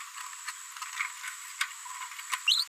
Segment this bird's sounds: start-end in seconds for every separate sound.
2.47-2.64